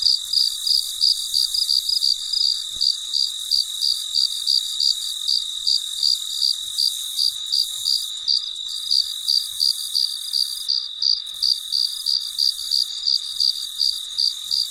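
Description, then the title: Steady high cricket chirps pulse about three times a second for the whole stretch, with a continuous shimmering insect drone behind. Recorded late at night; very quiet surroundings. "深夜录制蟋蟀昆虫声"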